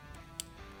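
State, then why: Seated. The wiring harness connector of a 2019+ Ram 1500 truck is plugged into the housing of a new Morimoto XB LED tail light, before the red locking tab is pushed down. Over a low steady background with a few faint ticks, a single sharp, bright click at 0.4 s marks the connector seating.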